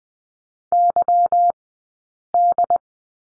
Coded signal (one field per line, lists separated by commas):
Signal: Morse code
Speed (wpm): 20 wpm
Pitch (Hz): 700 Hz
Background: none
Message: YD